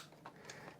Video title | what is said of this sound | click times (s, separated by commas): Avis sur la CEYOMUR 4G LTE Camera de Chasse, 2K HD Caméra de Chasse avec SIM Card Vision Nocturne In | C'est clipsé. | 0.5 s